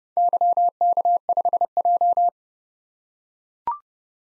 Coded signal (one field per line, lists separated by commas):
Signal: Morse code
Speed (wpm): 30 wpm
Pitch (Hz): 700 Hz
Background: none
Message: YK5J